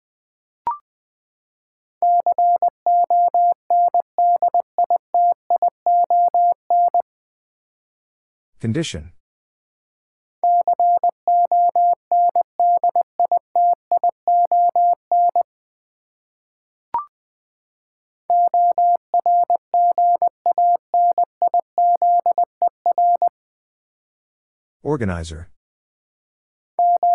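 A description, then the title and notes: A word is sent in Morse code as a steady mid-pitched tone keyed into short and long beeps, in bursts around 2–7, 10–15 and 18–23 seconds. Between the runs come brief clicks near 1 and 17 seconds and short sweeping noises near 9 and 25 seconds. Nine Letter Words - 20wpm. First, the word is sent in Morse code. Then it is spoken.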